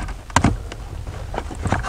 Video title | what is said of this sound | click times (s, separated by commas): Porsche Cayman 981 radiator fans not working episode 5 | there you go okay there we go clicked | 0.4 s